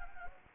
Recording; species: mosquito wingbeat signal from an infrared sensor; Anopheles gambiae